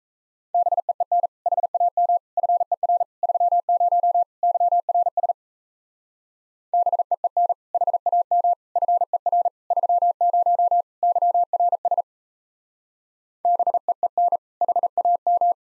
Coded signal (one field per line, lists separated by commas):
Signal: Morse code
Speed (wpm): 37 wpm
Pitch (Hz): 700 Hz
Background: none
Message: BEEN HAM FER 30 YRS BEEN HAM FER 30 YRS BEEN HAM